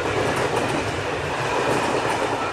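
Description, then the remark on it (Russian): A passenger train on a nearly day-long journey rumbles steadily, its wheels clattering on the rails in a continuous rhythmic clack beneath a broad, loud roar, with no voices. “Спустя почти сутки поезд прибыл на нужную станцию.”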